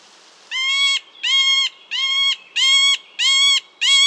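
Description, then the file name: Middle spotted woodpecker repeating harsh, nasal notes, six in about four seconds, steady and loud. "mellanspett"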